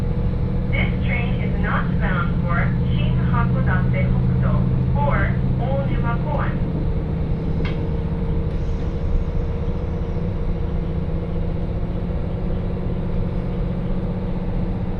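A train ride on the Hakodate Main Line, with a steady low engine rumble and hum running throughout. A voice speaks for the first six seconds or so over the noise, then a single sharp click comes near the eight-second mark.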